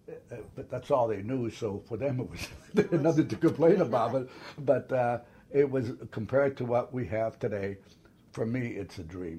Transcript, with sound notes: -- but that's all they knew so for them it was (laughs) they had nothing to complain about. But -- but ah -- it was compared to what we have today, for me it's a dream.